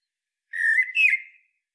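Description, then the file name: Common blackbird song: a single rich, flute-like phrase, steady then lifting briefly before ending in a soft wavering tail. "Turdus merula"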